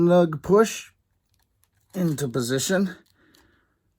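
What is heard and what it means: A plastic wiring harness connector on a Honda CB350/CL350 motorcycle is lined up and pushed into its mating connector, but it fails to seat; nothing has clicked into place yet. Someone talks before and after the push, and only a few faint, small ticks are heard in between.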